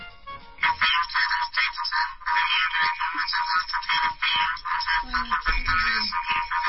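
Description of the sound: A voice squeezed into a thin, tinny mid-to-high band with the low, full tones stripped away; the words cannot be made out. This is how a person hears through a cochlear implant with a short electrode that does not go all the way around the cochlea, leaving speech unintelligible.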